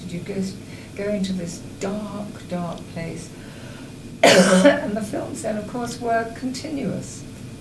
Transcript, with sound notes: You'd go into this dark, dark place. [coughs] And the films then of course were continuous.